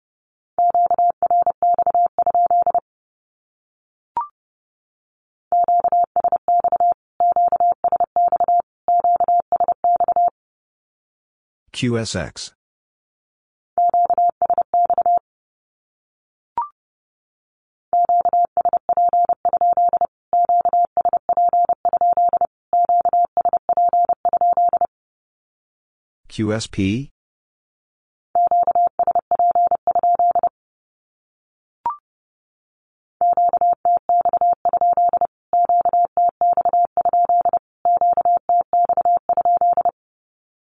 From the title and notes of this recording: Q-Codes Repeated 3x 30wpm. First, the Q-code is sent in Morse code three times as either a statement or a question. Then it is spoken. Finally, it is sent again in Morse code.